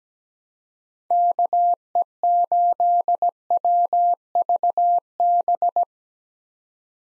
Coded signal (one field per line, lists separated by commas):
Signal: Morse code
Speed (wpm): 17 wpm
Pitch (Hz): 700 Hz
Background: none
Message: KE8WVB